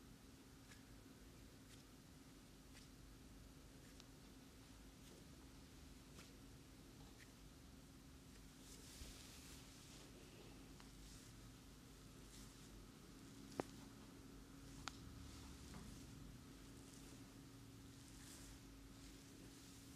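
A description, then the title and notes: A head and neck massage with soft rubbing and light taps about once a second, over a constant low motor-like hum throughout. Amazing ASMR Head and Neck Massage.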